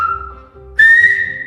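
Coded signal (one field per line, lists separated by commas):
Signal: whistled language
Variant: Silbo Gomero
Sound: two pure whistled tones: a lower steady one, then a higher rising one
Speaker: Zo klinkt de klinker A tegenover de klinker E: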